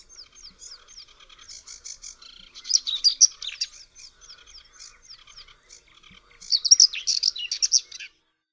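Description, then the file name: Whinchat song: a bright, jumbled burst near three seconds and another near seven, over a steady run of thin, repeated downslurred chirps. "POKLASKWA"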